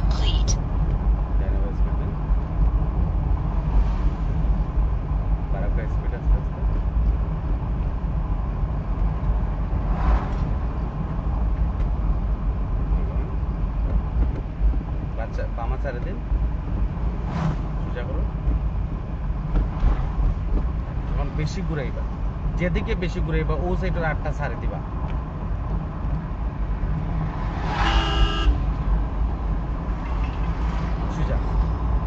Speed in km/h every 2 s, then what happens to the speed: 34, 33, 31, 30, 29, 28, 29, 29, 29, 30, 29, 29, 30, 29, 29, 29.
0-9 slows to 28. 9-32 steady at about 29.